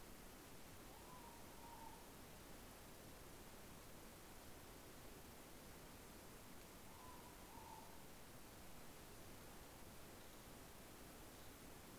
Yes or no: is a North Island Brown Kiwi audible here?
no